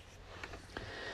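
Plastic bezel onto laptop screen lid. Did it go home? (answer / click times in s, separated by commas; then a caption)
yes / 0.4 s, 0.8 s. A plastic front frame (bezel) is pressed by hand back onto the screen lid of an HP laptop during a screen replacement, with the new LCD already fitted. Two short, sharp plastic snaps are heard at about 0.4 s and 0.8 s over a quiet background. The bezel seats and snaps into place.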